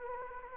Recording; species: mosquito wingbeat signal from an infrared sensor; Anopheles gambiae